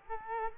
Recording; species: mosquito wingbeat signal from an infrared sensor; Culex quinquefasciatus